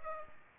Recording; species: mosquito wingbeat signal from an infrared sensor; Culex pipiens